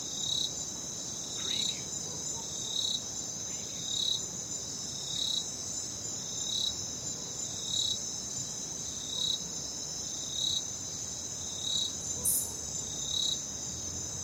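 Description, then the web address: Crickets chirping at night: a steady high shrill trill overlaid with short pulsed chirps repeating at a regular rate, a little slower than once a second. "the sound pack tree. night crickets"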